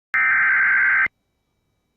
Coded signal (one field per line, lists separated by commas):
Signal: Emergency Alert System (SAME) tones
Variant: header bursts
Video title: YEEES, WE DID IT Y’ALL Severe Thunderstorm Warning On WJON 5/17/21 (EAS #600)